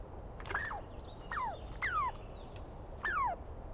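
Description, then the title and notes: Douglas squirrel producing four loud, whistled downslurred calls at irregular intervals, each falling quickly from a high start. Screaming Douglas Pine Squirrel, one animal, recorded at dawn on 21 April 2017 in the East Cascades, calling for a long while; recordist not fully certain of identification. "On the morning of 21 April, 2017, I set up my microphones and recorder for a nice dawn recording in the East Cascades. I was started awake by a screaming Douglas Pine Squirrel"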